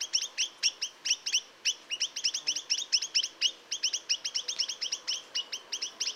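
Chinese nuthatch sounding bursts of quick, high, nasal notes in uneven clusters with short gaps.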